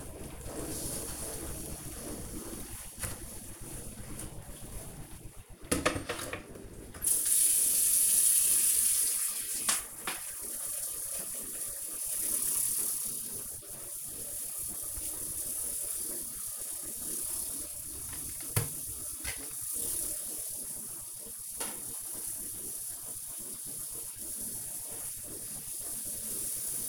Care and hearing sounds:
household activities, microphone on the right wrist
0.00-26.89 s: baking

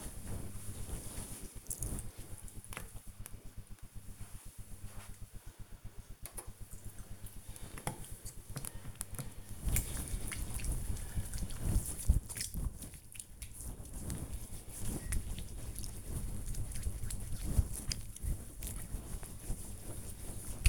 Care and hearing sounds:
household activities, microphone on the right wrist
6.07-20.69 s: disinfecting hands

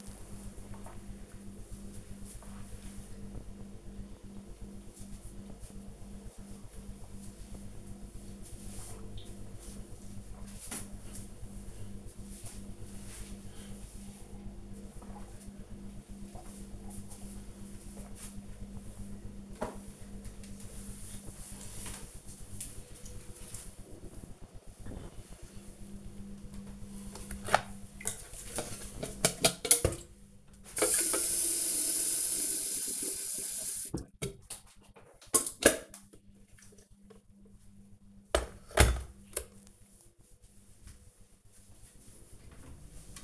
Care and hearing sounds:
household activities, microphone on the right wrist
0.00-19.29 s: drinking
26.32-43.24 s: making tea

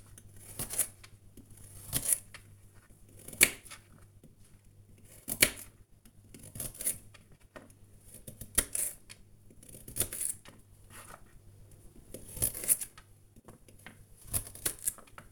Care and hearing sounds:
household activities, microphone on the right wrist
0.00-15.32 s: cutting vegetables

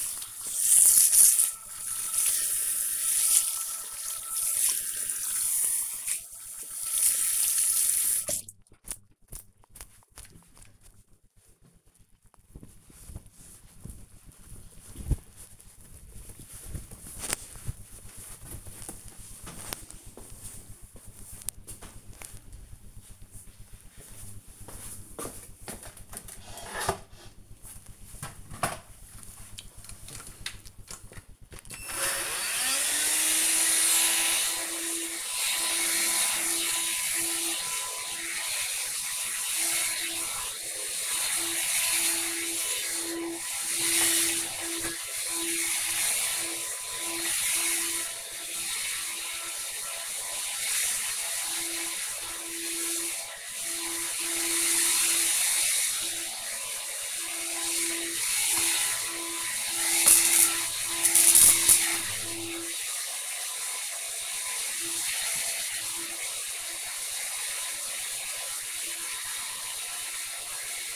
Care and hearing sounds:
household activities, microphone on the right wrist
0.00-9.89 s: washing hands
25.02-70.96 s: vacuum cleaning

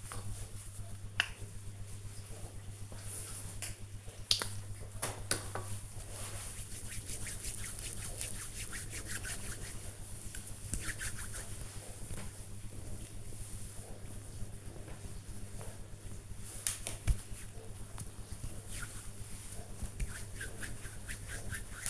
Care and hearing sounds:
household activities, microphone on the right wrist
0.11-21.90 s: cream hands

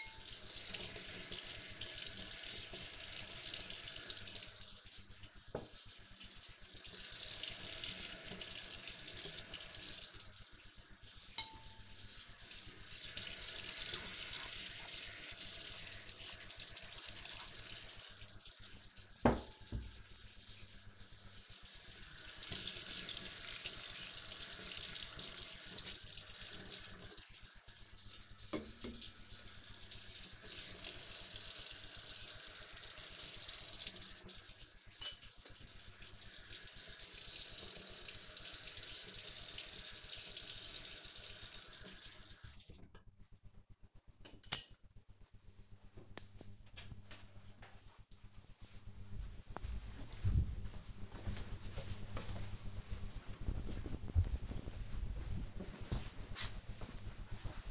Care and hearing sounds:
household activities, microphone on the right wrist
0.00-43.61 s: washing dishes

